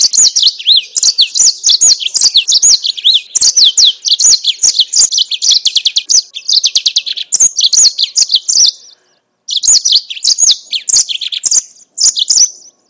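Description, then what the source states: Yellow-fronted canary delivering a long, fast, high-pitched warbling song of repeated slurred notes and trills, briefly pausing twice near the end. Mozambique singer (yellow-fronted canary); bird-keepers' training recording.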